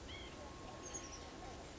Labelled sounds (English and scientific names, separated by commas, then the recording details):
White-breasted Nuthatch (Sitta carolinensis)
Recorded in Sonoma County, California